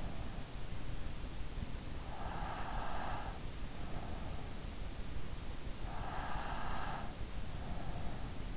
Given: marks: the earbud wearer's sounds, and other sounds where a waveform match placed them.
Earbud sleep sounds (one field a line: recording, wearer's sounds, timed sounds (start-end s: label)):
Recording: sounds in sleep by an in-ear microphone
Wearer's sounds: breath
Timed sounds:
1.63-3.52 s: breath
5.80-8.57 s: breath